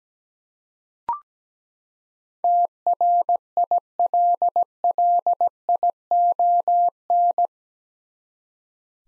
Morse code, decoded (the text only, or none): TRILLION